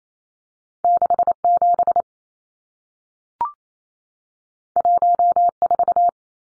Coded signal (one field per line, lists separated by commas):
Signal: Morse code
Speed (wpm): 28 wpm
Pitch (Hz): 700 Hz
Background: none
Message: 67 14